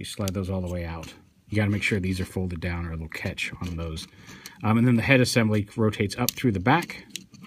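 Someone talks while handling a plastic transforming action figure, sliding its back panels out with the thrusters folded down so they won't catch, before the head assembly rotates up through the back into the torso. Only speech is heard. Nothing has seated or clicked yet.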